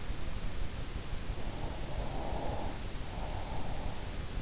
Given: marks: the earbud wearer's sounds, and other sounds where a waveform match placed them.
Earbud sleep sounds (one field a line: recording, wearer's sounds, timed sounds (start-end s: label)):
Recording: sounds in sleep by an in-ear microphone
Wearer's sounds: breath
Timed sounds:
1.30-4.32 s: breath